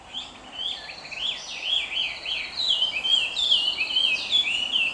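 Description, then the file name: Chinese hwamei singing: rich, fluty whistles with rapid looping slurs, phrases tumbling one after another without pause against a light noisy background. Recorded on 30 April 2021. "20210430 ガビチョウ"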